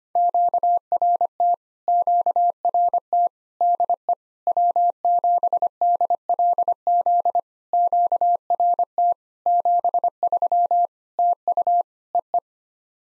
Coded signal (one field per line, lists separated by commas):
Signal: Morse code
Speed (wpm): 25 wpm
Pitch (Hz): 700 Hz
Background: none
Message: QRT QRT DE W7DLZ QRT 73 TU EE